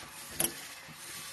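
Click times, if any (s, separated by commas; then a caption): 0.4 s. A replacement switch is pushed back into its socket the same way as before until it is fully in place, giving a single sharp click at 0.4 s over low background noise. The switch plug ends up seated home.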